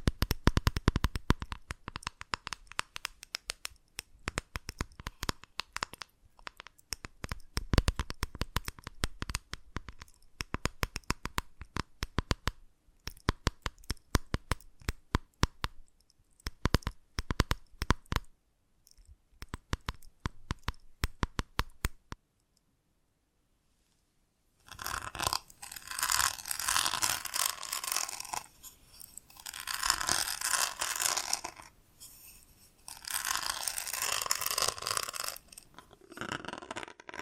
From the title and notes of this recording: ASMR Magic Trigger Potion Shop Invisible Tapping, Scratching, Tracing (No Talking).